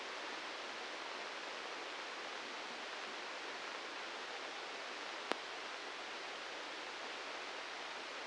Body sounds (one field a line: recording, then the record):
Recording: brain microelectrode recording played as sound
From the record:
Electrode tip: inside the subthalamic nucleus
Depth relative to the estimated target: 0 mm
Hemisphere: right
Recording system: NeuroSet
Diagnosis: Parkinson's disease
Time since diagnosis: 19 years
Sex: female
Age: 69 years